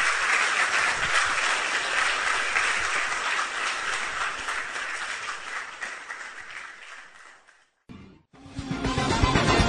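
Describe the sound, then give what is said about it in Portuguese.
A crowd applauds God loudly during a religious message, in a dense, sustained wash of clapping that slowly tapers off, breaks briefly into near silence, then resumes with another burst of sound. “Vamos aplaudir a Deus, bem forte.”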